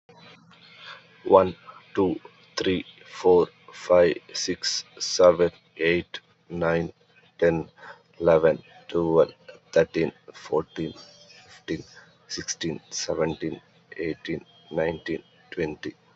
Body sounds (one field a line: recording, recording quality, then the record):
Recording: counting at a normal pace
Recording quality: moderate, slight background noise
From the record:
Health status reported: healthy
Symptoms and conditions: none ticked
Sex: male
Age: 29 years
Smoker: not ticked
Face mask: worn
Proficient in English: yes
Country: India